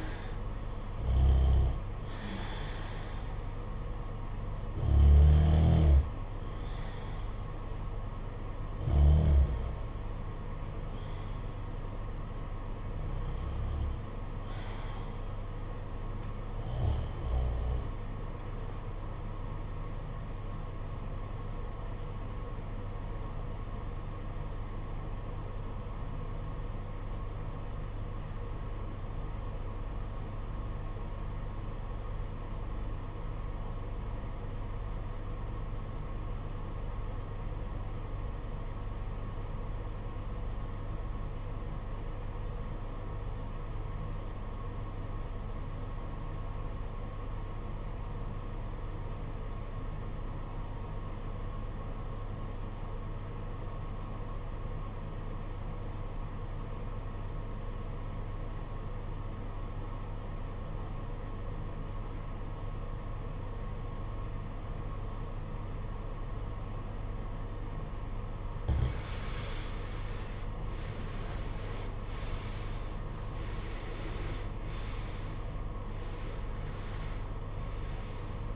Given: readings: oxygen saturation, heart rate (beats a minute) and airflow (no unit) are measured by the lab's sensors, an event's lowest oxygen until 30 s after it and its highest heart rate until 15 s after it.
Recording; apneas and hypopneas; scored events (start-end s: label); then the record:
breathing in sleep by a smartphone at the bedside; 1
12.00-78.56 s: new sleep stage, REM sleep
23.00-68.70 s: obstructive apnea (REM, oxygen 96% highest, then 74% lowest, heart rate 50 at the start, 89 highest)
From the record:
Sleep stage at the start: N2 (light sleep); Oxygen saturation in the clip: 76 to 96%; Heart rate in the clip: 49 to 89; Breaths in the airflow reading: 10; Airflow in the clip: -14.7 to 14.6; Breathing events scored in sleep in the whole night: 476 in 9.7 hours asleep